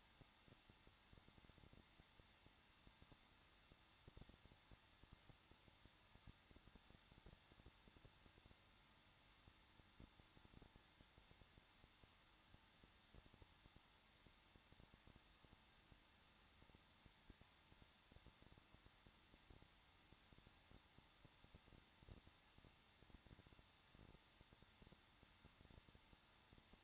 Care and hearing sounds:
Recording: daily activity, microphone in the room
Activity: no activity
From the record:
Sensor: 3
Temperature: 21.2 degrees Celsius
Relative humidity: 36.4%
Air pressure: 1006.4 hPa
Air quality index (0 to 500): 224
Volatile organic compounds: 44 ppm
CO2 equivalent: 3211 ppm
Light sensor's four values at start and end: 2/3/2/2 and 2/3/2/2

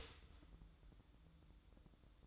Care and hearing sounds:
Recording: daily activity, microphone in the room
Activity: start toaster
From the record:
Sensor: 3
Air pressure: 1007.1 hPa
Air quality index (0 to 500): 54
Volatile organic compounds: 1 ppm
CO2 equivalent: 590 ppm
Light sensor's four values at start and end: 8/19/8/8 and 8/19/8/8

